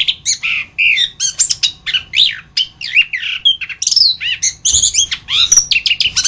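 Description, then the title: Thrush singing a dense, hurried medley of sharp chirps, twangy slurs and high whistles, phrases tumbling one into the next. "Suara Burung Anis"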